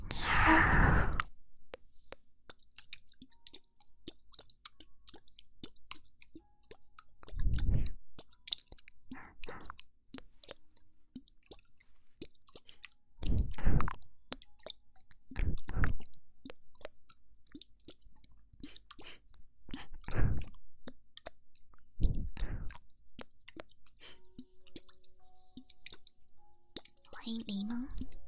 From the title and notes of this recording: ASMR Ear Eating Instant Tingles.